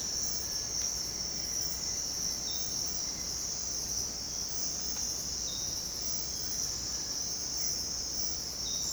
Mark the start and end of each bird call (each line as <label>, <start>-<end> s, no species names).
bird call, 0.75-3.45 s